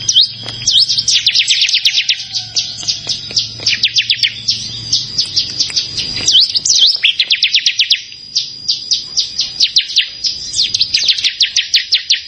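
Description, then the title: Bar-winged prinia: long, lively series of high, clipped chirps repeated several per second, interrupted by short gaps and varied twittering notes. "Ciblek Sawah"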